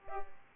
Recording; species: mosquito wingbeat signal from an infrared sensor; Culex pipiens